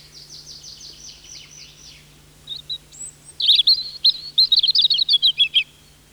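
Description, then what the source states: Goldcrest song: quiet, very high, evenly repeated notes, then a few single notes and a louder, rapid flourish of high notes; faint low hum throughout. Finland's smallest bird, a relative of the tits, lives in spruce forests; song so high that older people cannot hear it; rhythmic phrase ends in a trill.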